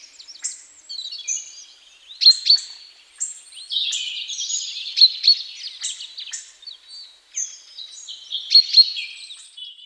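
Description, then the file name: Common chaffinch singing repeated rapid trilled phrases, each ending in a bright accented flourish, roughly every three seconds. "Fringilla coelebs"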